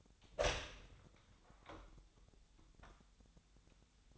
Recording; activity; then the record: daily activity, microphone in the room; open door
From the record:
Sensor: 3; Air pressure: 1007.2 hPa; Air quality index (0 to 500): 202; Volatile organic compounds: 17 ppm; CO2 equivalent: 2591 ppm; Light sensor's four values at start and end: 12/28/12/11 and 12/28/12/12